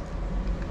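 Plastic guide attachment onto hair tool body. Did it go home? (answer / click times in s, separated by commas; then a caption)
no / none. A plastic guide attachment is pushed onto a hair tool body from the top, over a steady low rumble with one brief faint tap near 0.6 seconds. The attachment misses and does not go on; nothing has seated or clicked yet.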